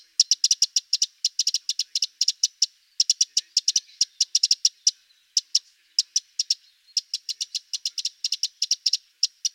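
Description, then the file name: Eurasian wren uttering fast, clicking tick notes in uneven bursts separated by short silences over about ten seconds; no other noises. "Troglodytes troglodytes"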